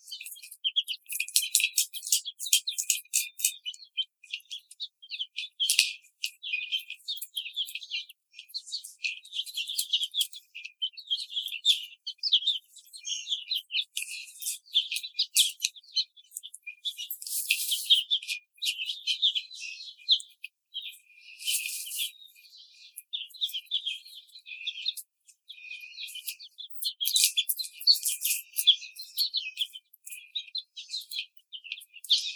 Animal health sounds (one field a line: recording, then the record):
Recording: young laying hens in a cage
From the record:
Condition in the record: treatment cage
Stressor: simulated dog barking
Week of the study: 5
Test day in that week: 1